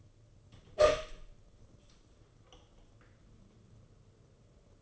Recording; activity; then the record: daily activity, microphone in the room; open door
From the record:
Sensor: 4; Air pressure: 995.2 hPa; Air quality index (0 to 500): 185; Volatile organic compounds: 99 ppm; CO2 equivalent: 3746 ppm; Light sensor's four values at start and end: 7/18/7/8 and 18/47/19/22